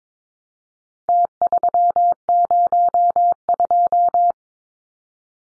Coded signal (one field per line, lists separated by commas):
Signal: Morse code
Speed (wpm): 22 wpm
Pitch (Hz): 700 Hz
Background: none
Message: T302